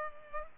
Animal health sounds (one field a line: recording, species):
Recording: mosquito wingbeat signal from an infrared sensor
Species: Culex pipiens